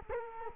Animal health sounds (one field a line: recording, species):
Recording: mosquito wingbeat signal from an infrared sensor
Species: Culex quinquefasciatus